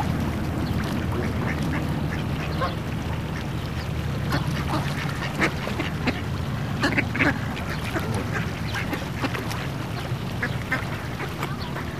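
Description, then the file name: Ducks quacking in a busy chorus, rough quacks coming thick and fast from several birds, a continuous low rumble beneath. Several ducks quacking on a pond. "Кряканье-уток-на-пруду"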